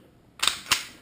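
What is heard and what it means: An Echo1 Timberwolf airsoft gas blowback pistol's slide is slid back onto its frame during reassembly. Two sharp clicks are heard at 0.5 and 0.7 seconds, and the slide is seated with the pistol back together.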